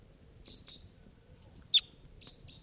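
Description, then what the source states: Crossbill calls: a few short, sharp high notes, a pair near the start and a pair near the end, with one loud click between them over quiet background. Decoy crossbills calling excitedly during a field recording session at 6:56.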